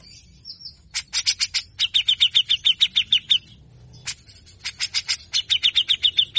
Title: MASTERAN CUCAK JENGGOT GACOR FULL BESETAN KASAR DURASI PANJANG !!!. Besetanya Efektif Rangsang Bunyi Dan emosi CUCAK JENGGOT bahan Agar Cepat Gacor